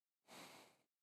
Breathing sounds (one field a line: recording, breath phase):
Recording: one breath near a microphone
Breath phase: exhalation